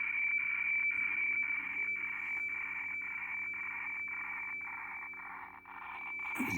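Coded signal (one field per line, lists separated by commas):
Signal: weather fax (radiofax)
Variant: 120 lines per minute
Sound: steady high tone with scratchy rasping noise, brief click-like dropouts about twice a second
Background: radio static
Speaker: just decoding some hfx and by remote control from the radio room which is 30 miles away a good copy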